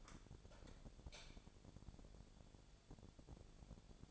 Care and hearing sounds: daily activity, microphone in the room; light on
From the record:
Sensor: 5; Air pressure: 1000.2 hPa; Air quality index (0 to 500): 105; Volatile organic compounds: 1 ppm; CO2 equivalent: 851 ppm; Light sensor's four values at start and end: 223/527/227/251 and 225/534/229/254

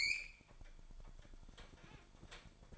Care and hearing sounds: daily activity, microphone in the room; open fridge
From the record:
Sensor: 5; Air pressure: 1007.9 hPa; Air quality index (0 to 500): 97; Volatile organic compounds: 1 ppm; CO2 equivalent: 756 ppm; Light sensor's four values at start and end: 42/95/40/42 and 43/97/41/43

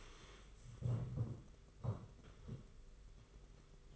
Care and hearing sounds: daily activity, microphone in the room; stand up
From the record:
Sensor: 4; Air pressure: 991.3 hPa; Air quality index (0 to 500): 138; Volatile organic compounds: 56 ppm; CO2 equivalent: 3377 ppm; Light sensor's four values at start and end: 24/77/29/30 and 24/77/29/30

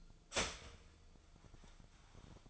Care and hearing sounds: daily activity, microphone in the room; start toaster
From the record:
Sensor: 5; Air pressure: 1009.4 hPa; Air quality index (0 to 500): 170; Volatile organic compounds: 4 ppm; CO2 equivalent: 1641 ppm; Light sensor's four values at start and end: 79/213/85/88 and 81/219/88/91

